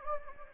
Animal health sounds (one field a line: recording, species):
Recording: mosquito wingbeat signal from an infrared sensor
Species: Anopheles gambiae